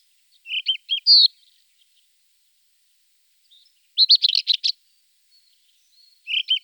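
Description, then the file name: Rufous-tailed scrub robin delivering a short whistled phrase, then a pause, then a rapid jumbled burst of warbling notes, and a final brief phrase. "rufous bush robin"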